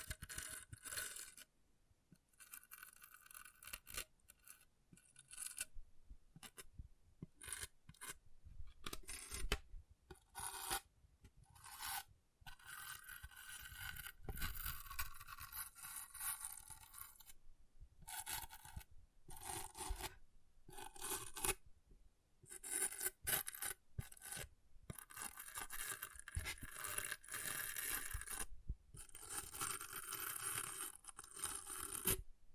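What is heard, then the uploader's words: Scratching on an object comes in short rasping strokes, each a bright gritty burst broken by brief silences. The strokes run irregularly, sometimes in quick clusters, sometimes spaced out, and grow denser and longer after about twenty seconds, with a faint low rumble underneath. ASMR Brain Melting Object Scratching (No Talking).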